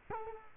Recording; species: mosquito wingbeat signal from an infrared sensor; Culex quinquefasciatus